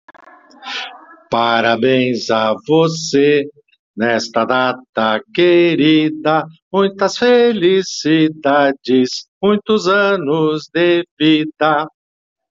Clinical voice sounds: short text; Brazilian Portuguese; male; 60 to 69 years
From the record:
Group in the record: control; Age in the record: 68 years

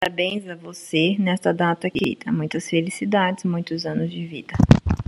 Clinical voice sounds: short text; Brazilian Portuguese; female; 30 to 39 years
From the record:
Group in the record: control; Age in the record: 30 years

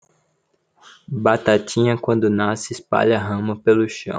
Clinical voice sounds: short text; Brazilian Portuguese; male; 20 to 29 years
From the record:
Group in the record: control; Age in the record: 21 years

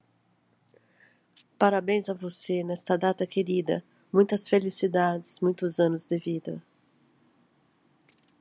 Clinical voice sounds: short text; Brazilian Portuguese; female; 50 to 59 years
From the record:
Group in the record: control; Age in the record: 52 years

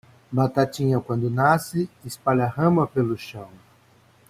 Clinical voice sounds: short text; Brazilian Portuguese; male; 60 to 69 years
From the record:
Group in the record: control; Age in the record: 61 years

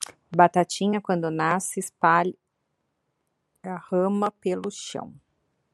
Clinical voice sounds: short text; Brazilian Portuguese; female; 40 to 49 years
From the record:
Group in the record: control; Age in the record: 42 years

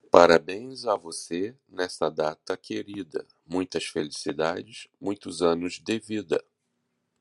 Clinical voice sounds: short text; Brazilian Portuguese; male; 50 to 59 years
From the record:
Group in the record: control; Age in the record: 50 years

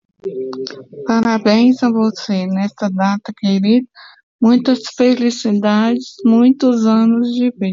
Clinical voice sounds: short text; Brazilian Portuguese; female; 60 to 69 years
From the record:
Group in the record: control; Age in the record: 64 years

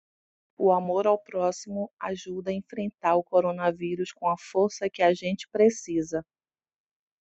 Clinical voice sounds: spoken sentence; Brazilian Portuguese; female; 40 to 49 years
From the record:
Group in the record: control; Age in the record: 40 years

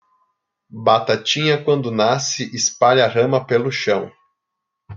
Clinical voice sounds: short text; Brazilian Portuguese; male; 20 to 29 years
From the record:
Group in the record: control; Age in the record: 29 years

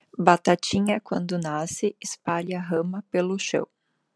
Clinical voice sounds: short text; Brazilian Portuguese; female; 30 to 39 years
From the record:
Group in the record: control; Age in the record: 39 years

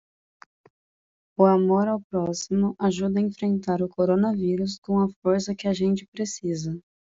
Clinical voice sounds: spoken sentence; Brazilian Portuguese; female; 20 to 29 years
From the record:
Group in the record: control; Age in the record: 24 years

